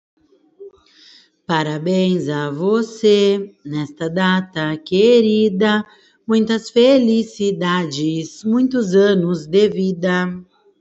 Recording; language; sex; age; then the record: short text; Brazilian Portuguese; female; 30 to 39 years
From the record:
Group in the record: control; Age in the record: 31 years